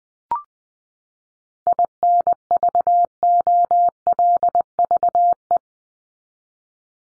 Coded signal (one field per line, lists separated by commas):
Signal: Morse code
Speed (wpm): 20 wpm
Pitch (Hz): 700 Hz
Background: none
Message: INVOLVE